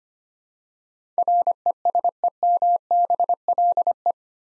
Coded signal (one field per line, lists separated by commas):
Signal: Morse code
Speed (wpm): 25 wpm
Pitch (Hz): 700 Hz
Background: none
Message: RESEMBLE